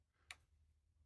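A drawer on a 90-year-old workbench is pushed in on a new metal drawer slide, and the slide's locking pin is pushed over into the slide catch with a single sharp, small click at 0.3 s over a low steady hum. The pin engages and the drawer is seated.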